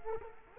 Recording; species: mosquito wingbeat signal from an infrared sensor; Culex quinquefasciatus